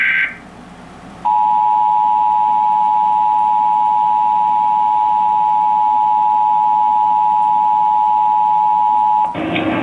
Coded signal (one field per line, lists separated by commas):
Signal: Emergency Alert System (SAME) tones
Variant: 853 and 960 Hz attention tone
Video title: Required Monthly Test - 06/06/18 (EAS #1,597)